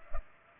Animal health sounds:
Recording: mosquito wingbeat signal from an infrared sensor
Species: Culex pipiens

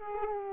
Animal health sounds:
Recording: mosquito wingbeat signal from an infrared sensor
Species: Culex quinquefasciatus

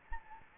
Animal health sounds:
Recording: mosquito wingbeat signal from an infrared sensor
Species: Anopheles gambiae

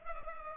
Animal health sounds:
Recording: mosquito wingbeat signal from an infrared sensor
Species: Culex pipiens

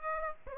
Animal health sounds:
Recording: mosquito wingbeat signal from an infrared sensor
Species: Aedes aegypti

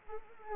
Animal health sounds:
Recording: mosquito wingbeat signal from an infrared sensor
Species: Anopheles gambiae

